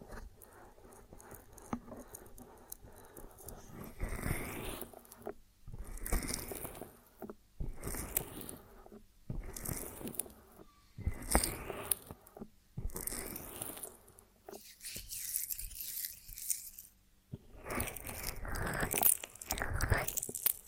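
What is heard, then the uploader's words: Honeycomb on a branch is worked in repeated crisp, sticky crackling bursts that arrive every second or two, split by short hushed pauses. The crunches are bright and textured, growing busier and louder toward the final few seconds. ASMR of a Honeycomb on Branch (No Talking).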